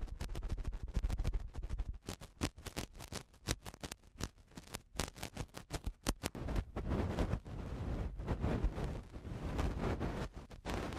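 Eardrum cleaning produces dense, rapid scratching and crackling bursts with low rumbling thumps, growing rougher and steadier after about seven seconds.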